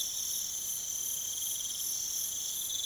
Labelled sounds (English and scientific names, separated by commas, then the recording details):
none
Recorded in pastures near Puerto Asís, Putumayo, Colombia, on 29 June 2025 at 03:30
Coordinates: 0.486, -76.323
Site H29